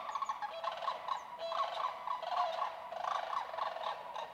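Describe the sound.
Sandhill crane calls as a string of softer, rolling purrs and trills, with several birds overlapping and no loud bugle.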